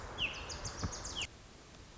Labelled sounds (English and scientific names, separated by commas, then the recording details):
Pacific Wren (Troglodytes pacificus)
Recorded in Sonoma County, California